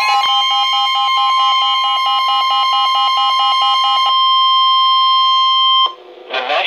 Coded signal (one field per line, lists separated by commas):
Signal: Emergency Alert System (SAME) tones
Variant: 1050 Hz attention tone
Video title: Severe thunderstorm warning (EAS #141)